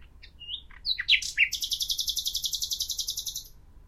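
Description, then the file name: Common nightingale song: a few clear whistles and sharp notes, then a long, very fast high rattling trill lasting about two seconds. "Luscinia megarhynchos"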